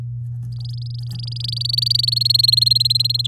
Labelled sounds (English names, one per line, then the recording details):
Domestic Canary song
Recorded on 6 May 2018 at 16:25
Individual llb16